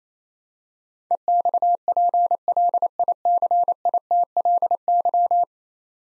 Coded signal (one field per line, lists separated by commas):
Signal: Morse code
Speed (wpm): 28 wpm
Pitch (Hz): 700 Hz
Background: none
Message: EXPLICITLY